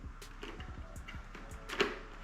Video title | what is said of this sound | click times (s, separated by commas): THE BEST BUDGET MODULAR HELMET OF 2024 | y y'all can actually see it clicking into place you see that | 1.8 s